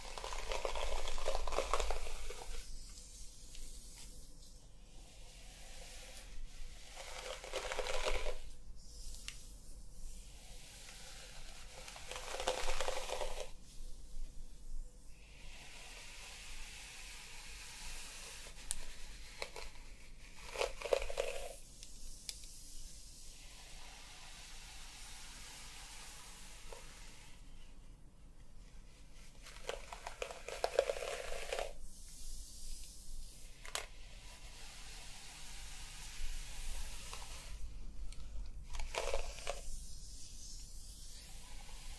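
Hair being brushed and played with, soft bristly strokes sweeping through in irregular bursts every few seconds over a low steady hiss.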